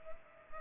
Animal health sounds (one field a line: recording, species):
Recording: mosquito wingbeat signal from an infrared sensor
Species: Culex pipiens